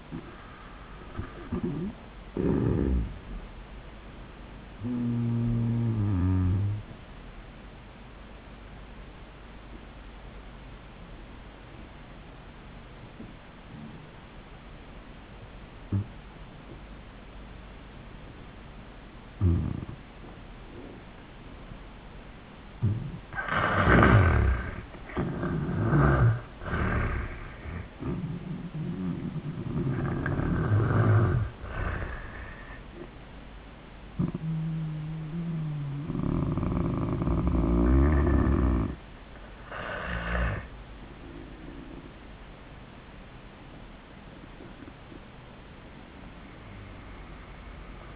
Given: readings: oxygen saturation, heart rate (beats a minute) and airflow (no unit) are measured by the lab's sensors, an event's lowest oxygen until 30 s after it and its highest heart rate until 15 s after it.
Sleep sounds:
breathing in sleep by a voice recorder at the bedside; 1
8.00-24.00 s: obstructive apnea (N1, oxygen 98% highest, then 78% lowest, heart rate 74 at the start, 97 highest)
From the record:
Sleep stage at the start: N1 (lightest sleep); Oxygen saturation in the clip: 78 to 98%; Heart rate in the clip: 74 to 104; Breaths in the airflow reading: 5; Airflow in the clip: -22.8 to 17.9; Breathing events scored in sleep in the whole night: 400 in 8.7 hours asleep

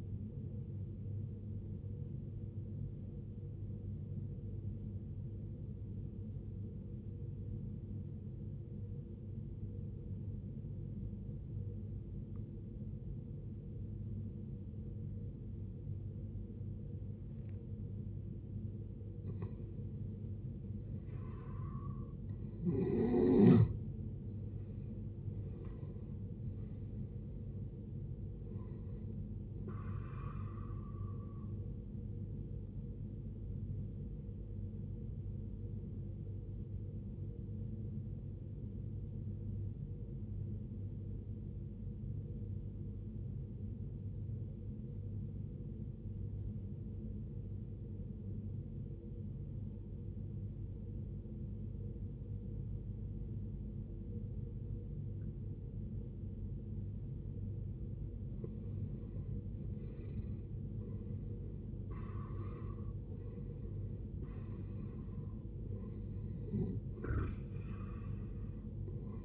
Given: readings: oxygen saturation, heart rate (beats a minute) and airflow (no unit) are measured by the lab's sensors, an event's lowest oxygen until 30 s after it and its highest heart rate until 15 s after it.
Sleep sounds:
breathing in sleep by a smartphone at the bedside; 2
5.00-23.60 s: obstructive apnea (N1, oxygen 95% highest, then 91% lowest, heart rate 55 at the start, 80 highest)
36.00-62.80 s: obstructive apnea (N1, oxygen 95% highest, then 90% lowest, heart rate 79 at the start, 79 highest)
From the record:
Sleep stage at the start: N1 (lightest sleep); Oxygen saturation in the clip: 87 to 95%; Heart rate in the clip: 52 to 80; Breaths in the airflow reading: 6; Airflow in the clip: -13.1 to 16.1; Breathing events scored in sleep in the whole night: 389 in 6.3 hours asleep

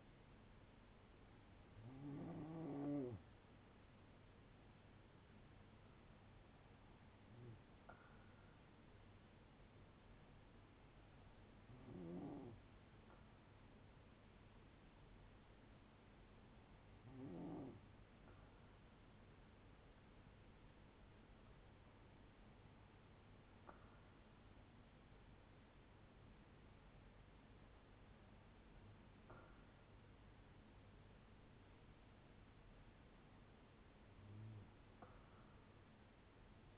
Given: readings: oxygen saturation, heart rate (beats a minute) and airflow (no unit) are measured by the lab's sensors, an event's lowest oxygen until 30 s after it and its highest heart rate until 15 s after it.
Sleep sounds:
breathing in sleep by a voice recorder at the bedside; none
none scored
From the record:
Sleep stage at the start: N2 (light sleep); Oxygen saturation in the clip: 94 to 96%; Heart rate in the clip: 55 to 73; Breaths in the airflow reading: 7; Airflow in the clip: -7.5 to 6.3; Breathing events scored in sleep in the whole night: 182 in 7.4 hours asleep

